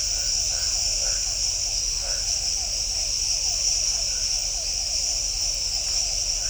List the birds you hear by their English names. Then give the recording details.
none. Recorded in shrubland near Pivijay, Magdalena, Colombia, on 1 June 2023 at 23:00. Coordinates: 10.453, -74.365. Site P5-G022